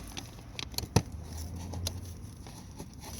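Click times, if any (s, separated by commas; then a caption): 1.0 s, 1.9 s. A plastic cabin air filter cover is pushed back into the filter housing behind the glove box of a 2017 Honda Accord LX after a new filter goes in. A few light taps and rattles lead up to two sharp snaps at 1.0 s and 1.9 s, and the cover is seated.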